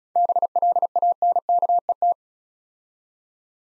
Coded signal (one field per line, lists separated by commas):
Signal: Morse code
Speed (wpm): 35 wpm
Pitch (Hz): 700 Hz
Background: none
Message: BLANKET